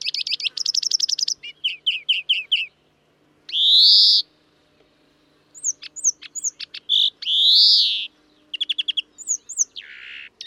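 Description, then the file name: European greenfinch mixing rapid trills and chirp series with two long, drawn-out wheezy buzzes, each under a second, repeated about four seconds apart. "Chloris chloris"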